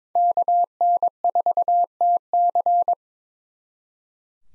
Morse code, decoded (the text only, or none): KN4TC